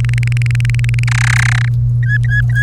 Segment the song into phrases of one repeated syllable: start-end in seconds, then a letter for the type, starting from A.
0.00-1.04 A, 1.07-1.68 B, 2.02-2.63 C